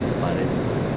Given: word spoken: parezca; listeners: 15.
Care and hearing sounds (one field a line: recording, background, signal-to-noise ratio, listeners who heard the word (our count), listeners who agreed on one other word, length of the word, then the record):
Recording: one Spanish word in noise, from a listening test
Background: speech-shaped noise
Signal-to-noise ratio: -6.3 dB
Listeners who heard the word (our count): 0 of 15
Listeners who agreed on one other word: 12 of 15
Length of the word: 0.57 s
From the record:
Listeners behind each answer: 12, 2, 1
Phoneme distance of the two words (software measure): 24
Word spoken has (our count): 3 syllables, 7 phonemes, stress on syllable 2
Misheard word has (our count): 2 syllables, 5 phonemes, stress on syllable 2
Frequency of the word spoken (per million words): 14.47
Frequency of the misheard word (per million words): 44.55